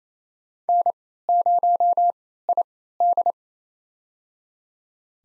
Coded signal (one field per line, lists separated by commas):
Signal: Morse code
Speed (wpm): 27 wpm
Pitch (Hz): 700 Hz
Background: none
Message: N0ID